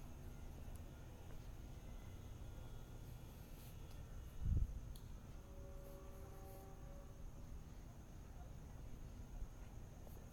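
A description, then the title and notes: A quiet night in a village, with a steady low rumble of traffic and a faint, constant high whine in the background. A soft thump lands near the middle, followed by a brief, thin tonal sound. This soundscape was taken in a place characteristic of the Claremont experience: the village. At the intersection of Bonita and Harvard N Avenue in front of Rio De Ojas, you can hear a variety of soundscapes. With my phone as a recorder, I stand in the tranquility of the night.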